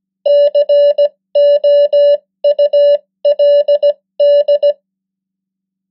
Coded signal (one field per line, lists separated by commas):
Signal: Morse code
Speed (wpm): 17 wpm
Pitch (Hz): 580 Hz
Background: none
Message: COULD